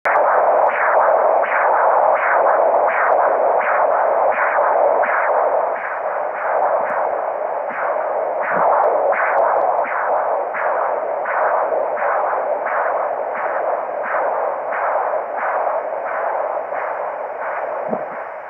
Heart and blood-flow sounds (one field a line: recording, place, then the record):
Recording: Doppler ultrasound of blood flow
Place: carotid artery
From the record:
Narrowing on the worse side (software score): occlusion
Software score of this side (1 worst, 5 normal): 1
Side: left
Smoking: never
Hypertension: yes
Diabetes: type 1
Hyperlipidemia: yes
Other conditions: anemia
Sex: female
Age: 77 years